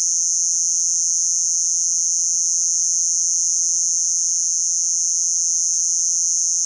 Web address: Crickets and Katydids Robust Conehead Katydid, Neoconocephalus robustus